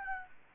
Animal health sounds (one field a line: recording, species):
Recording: mosquito wingbeat signal from an infrared sensor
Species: Anopheles gambiae